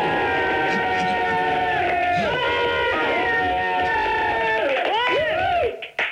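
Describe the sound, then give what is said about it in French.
A large crowd shouts and chants together, played back from a cassette, loud and sustained, with many voices rising and falling in pitch for about six seconds before cutting off abruptly. “Tu peux les refaire gueuler une autre fois, là? Non, c'est une cassette.”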